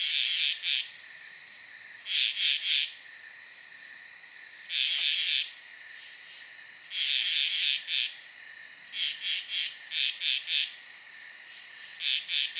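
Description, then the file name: Insect chorus: a constant high hum with bursts of rapid pulsing chirps at irregular intervals. At night. "Blastwave FX Night Insects Frogs"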